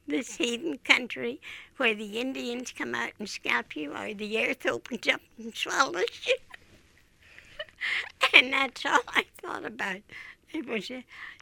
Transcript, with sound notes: This heathen country where the Indians come out and scalp you or the earth opens up and swallows you. [Laughs] And that's all I thought about. It was a--.